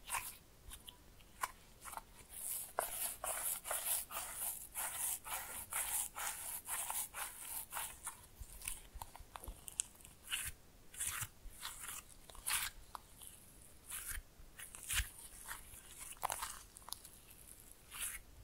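Slime being played with: dense, irregular squelches, crackles and pops, with sharp bright clicks scattered throughout. The activity stays busy for the whole stretch, easing slightly around ten seconds before picking up again, with no steady background sound beneath it.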